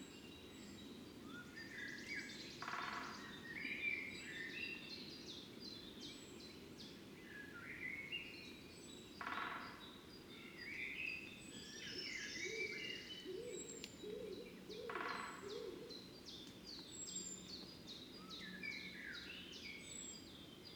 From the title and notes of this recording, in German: Der Morgen vor dem Fuchsbau. Anders als in der Lehmgrube wachen hier die Vögel zu unterschiedlichen Zeiten auf. Auch dies ist eine Kunstkopfaufnahme, die mit Kopfhörern deutlich eindrucksvoller klingt.